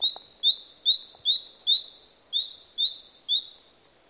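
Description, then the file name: Great tit song: a bright two-note phrase, lower then higher, repeated quickly several times in a quiet setting. "Parus major"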